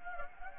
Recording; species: mosquito wingbeat signal from an infrared sensor; Anopheles gambiae